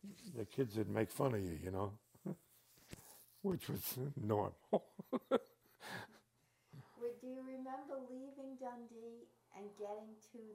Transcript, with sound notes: the kids would make fun of you, you know, which was normal. [Laughs]
Do you remember leaving Dundee and getting to